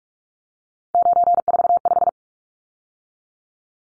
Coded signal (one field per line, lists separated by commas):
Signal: Morse code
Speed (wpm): 44 wpm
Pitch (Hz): 700 Hz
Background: none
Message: 945